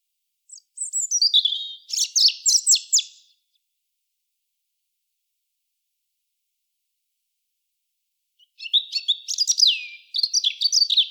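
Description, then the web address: European robin singing two separate phrases of high, sweet, rapidly changing notes, descending at first and later a quick twittering run, with a long silent gap between them. "SETE Erithacus rubecula"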